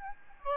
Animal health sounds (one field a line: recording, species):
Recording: mosquito wingbeat signal from an infrared sensor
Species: Aedes albopictus